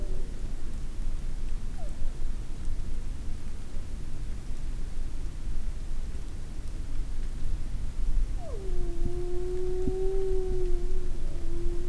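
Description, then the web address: Grey wolf giving a howl near the end, dropping sharply then holding a steady tone over low background noise. Adult wolves, various calls, Vercors, 2004. "Le-loup Florac-28-29-juin cris divers loup loup vercors 2004 adultes"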